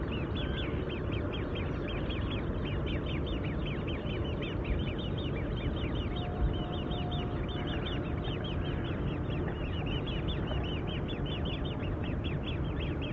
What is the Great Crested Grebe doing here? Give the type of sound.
call